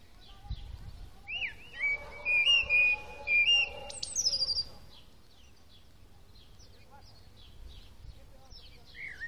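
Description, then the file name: Common blackbird song: a warbled, fluted phrase of rich whistles followed by a high thin squeaky flourish, then softer bird notes. "Turdus merula"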